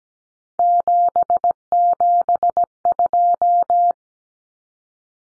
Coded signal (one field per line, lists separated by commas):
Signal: Morse code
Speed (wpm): 17 wpm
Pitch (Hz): 700 Hz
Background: none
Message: 772